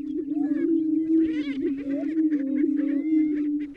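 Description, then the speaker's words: Greater Prairie-Chicken display cooing: a deep, steady, low moaning hum from several birds, overlaid with whooping notes and short cackling calls. Group of males in full display on a lek, inflating neck air sacs; recorded about an hour before sunrise from a wooden blind. "You hear the deep cooing sound of the greater prairie chickens inflating these air sacs in their necks."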